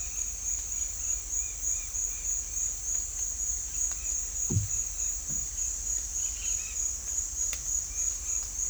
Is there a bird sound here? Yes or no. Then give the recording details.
yes. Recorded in dense forest near Puerto Asís, Putumayo, Colombia, on 21 December 2024 at 09:00. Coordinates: 0.467, -76.328. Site GP05